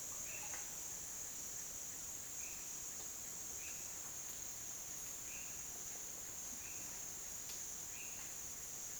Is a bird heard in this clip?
no